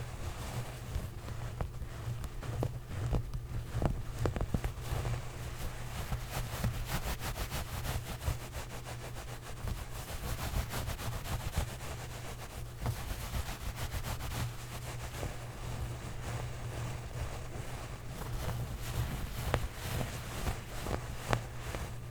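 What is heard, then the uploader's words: Clothes scratching and rustling fill the whole stretch, a dense run of quick, uneven scrapes with frequent sharp crackles, busiest around the fourth second and again near the twentieth. Under it runs a steady low rumble with a faint hum. ASMR Clothes Scratching.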